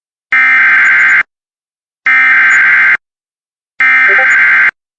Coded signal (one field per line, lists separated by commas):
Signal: Emergency Alert System (SAME) tones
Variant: header bursts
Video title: EAS Alerts from 10/24/2023